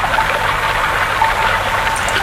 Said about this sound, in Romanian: Curând se desluși și pâriașul șerpuind zglobiu printre creste tocite de stânci cu apa limpede de cristal.